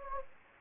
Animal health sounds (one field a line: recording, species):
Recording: mosquito wingbeat signal from an infrared sensor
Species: Anopheles gambiae